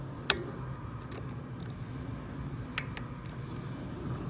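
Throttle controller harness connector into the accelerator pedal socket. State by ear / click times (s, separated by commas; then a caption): seated / 0.3 s. The plastic connector on the other end of a Boost Speed Next 16th throttle controller harness (14 levels) is pushed back into the original accelerator pedal socket of a Honda HR-V. A sharp click at 0.3 s marks the connector locking in place, and softer clicks follow at 2.8 s and 3.0 s over a low background hum. The connector is confirmed seated.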